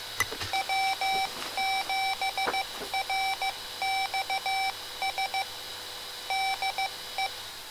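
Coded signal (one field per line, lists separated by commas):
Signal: Morse code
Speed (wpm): 15 wpm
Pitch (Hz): 770 Hz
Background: none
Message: W7RXS DE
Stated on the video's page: Morse sent by a Mr. Rags Macro Keyer kit using pre-programmed hard macros of standard CW QSO lines, in QSO mode.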